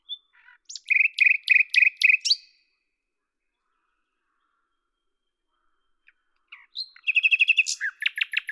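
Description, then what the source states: Common nightingale song: a rattling run of harsh repeated notes, a long silence, then another fast buzzy rattle with sharp high notes. Lavours, France, 10 May 1998; recorded with a Tascam DAP-1 and a Télingua microphone, edited in Samplitude 5.1.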